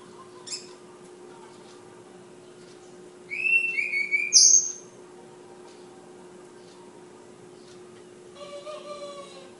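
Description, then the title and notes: Flowerpecker song: one quick run of high, thin whistles and sharp slides lasting about a second and a half, between faint short chirps and quiet gaps, over a low hum. Bird named Ababil, from Kudus; local names tledekan and sulingan. "Tledekan/Sulingan ABABIL. Suara Burung Tledekan Ababil dari Kudus"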